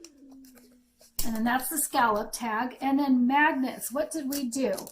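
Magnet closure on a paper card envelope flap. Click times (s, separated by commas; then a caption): 0.0 s. A magnetic closure on the flap of a paper gift card envelope snaps shut with a sharp click at 0.0 seconds, seating the closure. Fainter small clicks and a low hum follow before someone begins talking at about 1.2 seconds.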